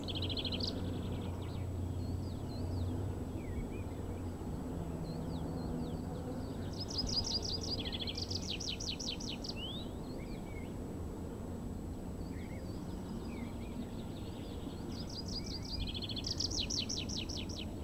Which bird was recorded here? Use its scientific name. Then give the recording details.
Anthus trivialis. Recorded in the wild. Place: Gerlitzen, Kärnten, AT. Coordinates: 46.693, 13.917. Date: 1971-05-12. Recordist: Brunner, Thomas. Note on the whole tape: Gerlitzen, talwärts: Gesang eines Baumpiepers